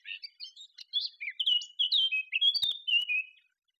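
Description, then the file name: Eurasian blackcap song: a run of clear, fluty whistled notes sliding up and down, delivered rapidly for about three seconds before stopping. "Sylvia atricapilla"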